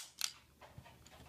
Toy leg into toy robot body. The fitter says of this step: leg back and it will snap into place as you heard if